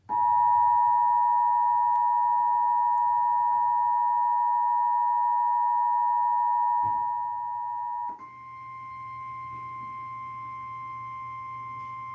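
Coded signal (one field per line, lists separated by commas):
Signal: Emergency Alert System (SAME) tones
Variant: 853 and 960 Hz attention tone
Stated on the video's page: Real severe thunderstorm warning received on Spectrum cable TV in Akron, Ohio.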